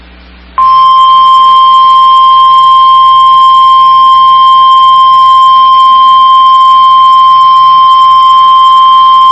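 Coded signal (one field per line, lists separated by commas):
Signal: Emergency Alert System (SAME) tones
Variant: 1050 Hz attention tone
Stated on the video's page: EAS weekly tests.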